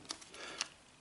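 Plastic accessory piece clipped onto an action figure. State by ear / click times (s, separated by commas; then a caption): not seated / none. A removable plastic accessory piece is being handled as it is clipped back onto a McFarlane Toys DC Multiverse Superman action figure. Two short, sharp ticks sound at about 0.1 s and 0.6 s, with a soft rustle of handling in between. Nothing has seated or clicked into place yet.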